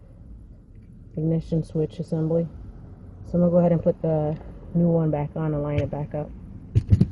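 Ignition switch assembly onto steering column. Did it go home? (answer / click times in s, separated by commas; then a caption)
no / none. A new ignition switch and cylinder assembly for a 1994 Honda Accord/Civic is lined up on the steering column while someone talks, so that its little locking button can pop into place. A few sharp handling knocks come near the end, around 6.8–7.1 s, but nothing has seated or clicked yet.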